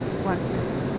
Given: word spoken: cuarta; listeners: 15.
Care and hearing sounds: one Spanish word in noise, from a listening test; speech-shaped noise; -4.3 dB; 2 of 15; 8 of 15; 0.58 s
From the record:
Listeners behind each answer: 8, 2, 2, 1, 1, 1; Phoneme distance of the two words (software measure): 10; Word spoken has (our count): 2 syllables, 6 phonemes, stress on syllable 1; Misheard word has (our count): 2 syllables, 6 phonemes, stress on syllable 1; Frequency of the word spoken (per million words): 32.74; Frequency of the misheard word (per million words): 122.71

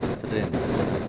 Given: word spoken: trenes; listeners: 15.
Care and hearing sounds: one Spanish word in noise, from a listening test; noise modulated by three-talker babble; -6.9 dB; 1 of 15; 10 of 15; 0.68 s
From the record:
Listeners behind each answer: 10, 1, 1, 1, 1, 1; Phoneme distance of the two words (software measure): 14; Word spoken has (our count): 2 syllables, 6 phonemes, stress on syllable 1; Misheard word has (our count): 1 syllable, 4 phonemes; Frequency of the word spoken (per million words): 11.43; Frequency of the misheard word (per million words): 40.66

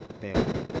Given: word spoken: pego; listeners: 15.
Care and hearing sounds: one Spanish word in noise, from a listening test; noise modulated by one talker; -11.5 dB; 0 of 15; 6 of 15; 0.40 s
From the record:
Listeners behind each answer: 6, 4, 1, 1, 1, 1, 1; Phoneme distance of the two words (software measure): 10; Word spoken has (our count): 2 syllables, 4 phonemes, stress on syllable 1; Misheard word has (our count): 2 syllables, 4 phonemes, stress on syllable 1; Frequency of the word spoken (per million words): 1.59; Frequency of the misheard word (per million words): 44.48

